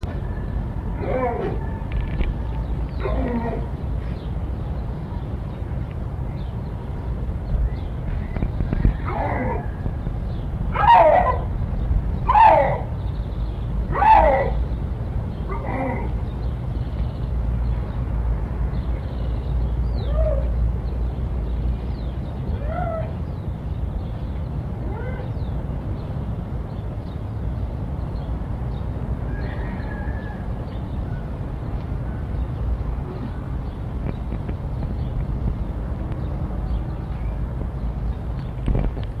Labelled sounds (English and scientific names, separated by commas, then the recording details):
Eurasian Lynx (Lynx lynx) call
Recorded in captivity
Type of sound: call
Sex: male
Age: adult
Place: Zoo Leipzig, Sachsen, DE
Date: 1961-03-02 17:00
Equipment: Minifon, Kopie Smaragd
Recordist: Tembrock, Günter
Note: Europäicher Luchs: Männchen: kurze Rufreihe